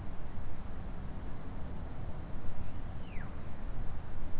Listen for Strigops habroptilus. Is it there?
no